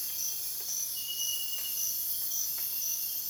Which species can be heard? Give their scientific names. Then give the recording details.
none. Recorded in dense forest near Puerto Asís, Putumayo, Colombia, on 23 June 2025 at 04:30. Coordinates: 0.484, -76.325. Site H65